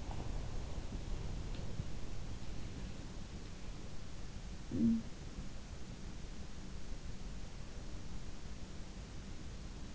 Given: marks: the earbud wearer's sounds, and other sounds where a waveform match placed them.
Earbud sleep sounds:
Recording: sounds in sleep by an in-ear microphone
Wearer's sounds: breath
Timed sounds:
0.00-1.91 s: breath
4.40-5.28 s: sound from someone else or the room

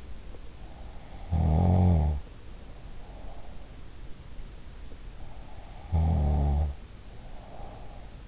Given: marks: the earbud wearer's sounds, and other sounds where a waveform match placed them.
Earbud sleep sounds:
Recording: sounds in sleep by an in-ear microphone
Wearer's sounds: snoring breath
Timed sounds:
0.99-3.88 s: snoring breath
5.64-8.28 s: snoring breath

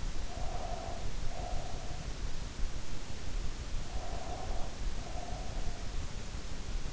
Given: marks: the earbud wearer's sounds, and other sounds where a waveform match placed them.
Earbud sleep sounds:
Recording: sounds in sleep by an in-ear microphone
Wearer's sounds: breath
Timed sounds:
0.06-2.16 s: breath
3.66-5.76 s: breath

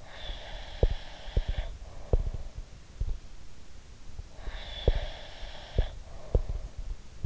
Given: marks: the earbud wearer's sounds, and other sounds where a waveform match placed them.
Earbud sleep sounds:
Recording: sounds in sleep by an in-ear microphone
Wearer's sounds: breath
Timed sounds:
0.00-2.64 s: breath
0.75-3.24 s: sound from someone else or the room
4.29-6.89 s: breath
4.39-7.26 s: sound from someone else or the room

